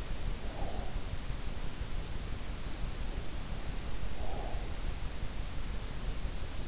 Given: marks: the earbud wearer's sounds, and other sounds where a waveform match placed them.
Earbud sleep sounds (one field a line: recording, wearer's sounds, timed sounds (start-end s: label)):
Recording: sounds in sleep by an in-ear microphone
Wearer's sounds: breath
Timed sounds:
0.20-1.33 s: breath
3.85-4.71 s: breath